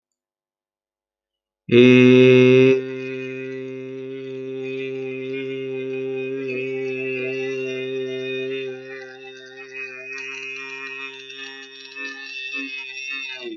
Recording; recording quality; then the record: sustained vowel as in made; excellent, no background noise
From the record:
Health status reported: healthy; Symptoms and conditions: none ticked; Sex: male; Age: 30 years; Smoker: not ticked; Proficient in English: no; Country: India